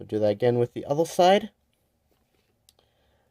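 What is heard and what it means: Someone talks for about the first second and a half, then after a quiet pause a single sharp click sounds at 2.7 s as the plastic foot clip on the other side of a transforming robot toy is pushed into its hand slot. This second clip clicks into place and is seated.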